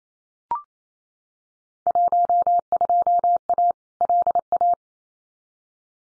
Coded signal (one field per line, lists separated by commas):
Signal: Morse code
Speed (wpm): 28 wpm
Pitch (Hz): 700 Hz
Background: none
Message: 12A LA